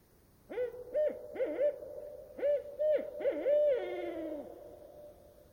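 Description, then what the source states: Barred owl song: two groups of rapid hoots, the second closing with a long downward-sliding drawl that trails off, echoing in still air. A lone barred owl singing at night from a nearby tree in still, quiet air, old-growth Queets Rain Forest river valley, Olympic National Park; voice echoing off the trees, calling and awaiting an answer.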